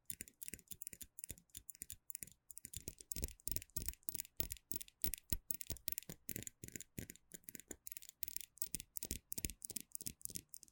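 Fingernails tap and scratch on gel nail supplies in a quick, fairly regular run of crisp strikes, several per second, for the whole stretch. Each tap is sharp and bright with a short low knock beneath it. Brief pauses break the rhythm now and then.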